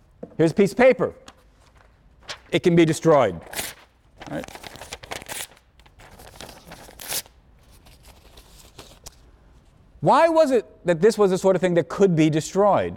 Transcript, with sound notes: Here's a piece of paper. It can be destroyed [sound of ripping paper] Right? Why was it that this was the sort of thing that could be destroyed?